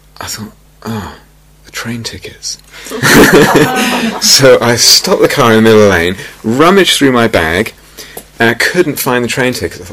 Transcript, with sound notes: I thought, "Oh! The train tickets!" [laughter] So I stopped the car in the middle of the lane, rummaged through my bag, and I couldn't find the train tickets.